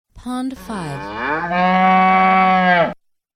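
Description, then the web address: Cattle lowing: a single long moo opens with a rough, low note. After a brief knock it swells into a drawn-out, steady, resonant tone for about two seconds and then cuts off. "animal cattle"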